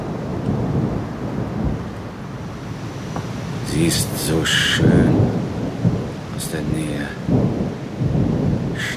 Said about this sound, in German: Das Gewitter.